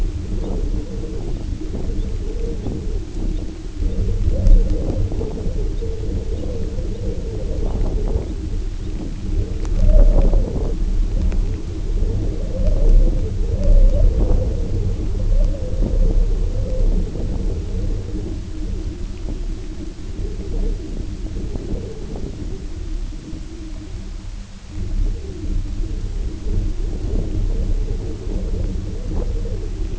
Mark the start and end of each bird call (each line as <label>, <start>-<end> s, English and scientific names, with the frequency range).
American Golden-plover (Pluvialis dominica) (2.6-4.2 kHz), 0.34-0.56 s
American Golden-plover (Pluvialis dominica) (2.5-4.1 kHz), 1.25-1.46 s
American Golden-plover (Pluvialis dominica) (2.6-4.0 kHz), 1.90-2.10 s
American Golden-plover (Pluvialis dominica) (2.4-3.9 kHz), 2.54-2.77 s
American Golden-plover (Pluvialis dominica) (2.6-4.2 kHz), 3.27-3.48 s
American Golden-plover (Pluvialis dominica) (2.7-4.3 kHz), 3.81-4.05 s
American Golden-plover (Pluvialis dominica) (2.7-4.3 kHz), 4.39-4.63 s
American Golden-plover (Pluvialis dominica) (2.4-4.3 kHz), 5.67-5.88 s
American Golden-plover (Pluvialis dominica) (2.6-4.2 kHz), 6.26-6.49 s
American Golden-plover (Pluvialis dominica) (2.8-4.2 kHz), 6.87-7.07 s
American Golden-plover (Pluvialis dominica) (2.7-4.1 kHz), 7.59-7.80 s
American Golden-plover (Pluvialis dominica) (2.6-4.3 kHz), 8.19-8.43 s
American Golden-plover (Pluvialis dominica) (2.6-4.3 kHz), 8.71-8.94 s
American Golden-plover (Pluvialis dominica) (2.3-4.4 kHz), 12.27-12.63 s
American Golden-plover (Pluvialis dominica) (2.4-4.7 kHz), 13.73-14.04 s